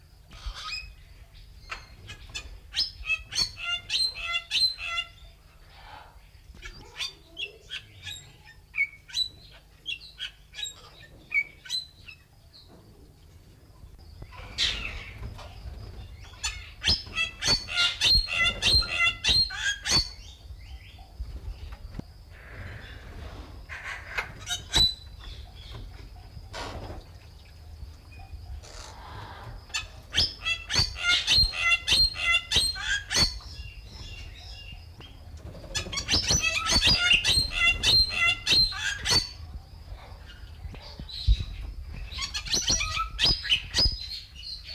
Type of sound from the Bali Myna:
song